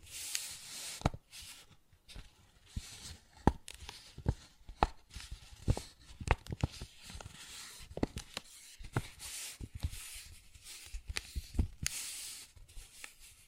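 A paper bag is tapped and scratched in an uneven rhythm, sharp taps landing every second or so between bright rustling scrapes.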